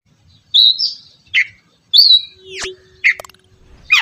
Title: kacer